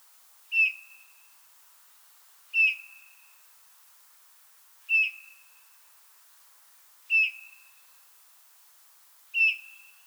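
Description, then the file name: Eurasian bullfinch giving five short piping whistles, about every two seconds, against a quiet background. "Pyrrhula pyrrhula"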